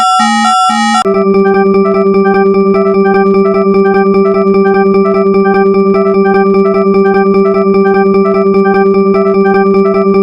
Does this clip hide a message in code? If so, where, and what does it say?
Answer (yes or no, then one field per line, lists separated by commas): no